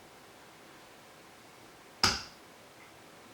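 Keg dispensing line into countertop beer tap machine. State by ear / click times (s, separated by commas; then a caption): seated / 2.0 s. A plastic line from a mini keg lid is pushed into a countertop beer tap machine, a Krups Sub Compact, until it seats. After quiet background, a single sharp pop at 2.0 s has bright high-frequency energy and a brief decay. The line pops into place and is seated.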